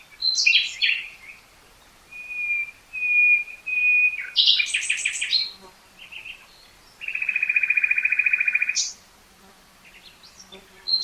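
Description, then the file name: Common nightingale song: rich fluty whistles, a loud buzzy trill, then a long rapid rattling trill lasting nearly two seconds, with brief silences between phrases. "Luscinia megarhynchos"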